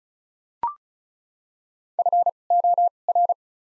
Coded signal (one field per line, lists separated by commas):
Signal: Morse code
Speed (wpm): 36 wpm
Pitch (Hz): 700 Hz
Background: none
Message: F O R